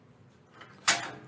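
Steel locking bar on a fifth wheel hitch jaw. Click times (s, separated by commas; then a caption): 0.9 s. On a Demco Autoslide 5th wheel trailer hitch with slider, the jaw is closed and the three-quarter-inch-thick solid steel locking bar automatically drops into place, operated by the spring-loaded comfort-grip handle. After quiet low rumble, a single sharp metallic clunk lands at 0.9 s and rings out briefly. The locking bar is seated and locked.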